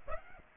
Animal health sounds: mosquito wingbeat signal from an infrared sensor; Aedes aegypti

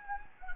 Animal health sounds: mosquito wingbeat signal from an infrared sensor; Anopheles gambiae

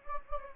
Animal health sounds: mosquito wingbeat signal from an infrared sensor; Anopheles gambiae

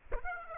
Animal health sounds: mosquito wingbeat signal from an infrared sensor; Aedes aegypti

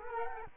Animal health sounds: mosquito wingbeat signal from an infrared sensor; Culex quinquefasciatus

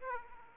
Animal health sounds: mosquito wingbeat signal from an infrared sensor; Aedes aegypti

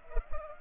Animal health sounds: mosquito wingbeat signal from an infrared sensor; Culex pipiens

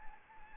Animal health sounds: mosquito wingbeat signal from an infrared sensor; Anopheles arabiensis

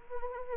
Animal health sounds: mosquito wingbeat signal from an infrared sensor; Anopheles arabiensis

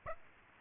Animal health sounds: mosquito wingbeat signal from an infrared sensor; Aedes aegypti

